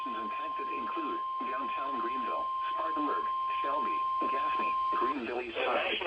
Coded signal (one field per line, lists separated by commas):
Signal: Emergency Alert System (SAME) tones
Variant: 1050 Hz attention tone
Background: speech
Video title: Damaging Swaft Remnants… EAS Alerts from 3/3/23